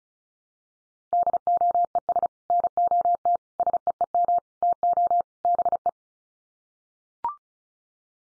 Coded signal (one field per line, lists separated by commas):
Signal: Morse code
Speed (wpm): 34 wpm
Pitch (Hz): 700 Hz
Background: none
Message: DOES NOT SEEM TO BE